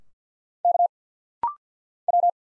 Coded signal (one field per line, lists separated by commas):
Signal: Morse code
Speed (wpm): 51 wpm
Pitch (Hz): 700 Hz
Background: none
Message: K W